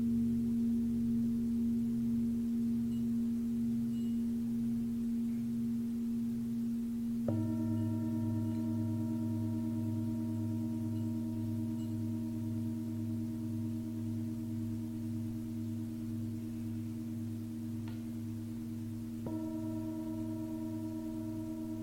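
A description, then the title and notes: A Tibetan singing bowl hums with a steady, sustained ring and a slow, wavering pulse in its low tone. Around seven seconds and again near nineteen seconds it is struck afresh, bringing brighter overtones back in. The sound never fades away. Tibetan Singiing Bowl.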